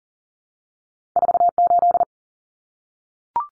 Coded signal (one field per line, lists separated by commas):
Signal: Morse code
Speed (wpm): 40 wpm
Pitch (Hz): 700 Hz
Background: none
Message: 48